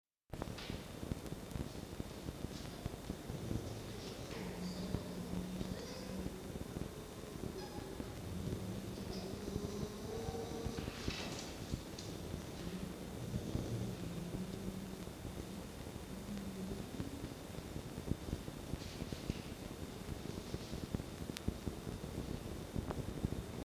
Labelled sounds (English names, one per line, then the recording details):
Red Fox
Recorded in captivity
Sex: female
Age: adult
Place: Zoologisches Institut der HUB, Berlin, DE
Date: 1952-11-26 19:30
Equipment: Elmetra
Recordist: Tembrock, Günter
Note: Fiffi und Mucki liegen sich gegenüber auf dem Fußboden. Fiffi: Murmeln; Mucki (dazwischen): Knätschen